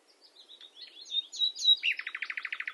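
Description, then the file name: Common nightingale song: soft warbling whistles swelling in volume, then a rapid run of repeated throaty notes. "Luscinia megarhynchos"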